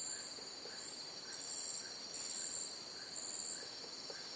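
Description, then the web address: Crickets hold a steady high trill while shorter, brighter buzzing bursts come and go above it, and soft lower chirps repeat. Crickets in a jungle. "the-sound-pack-tree -jungle crickets"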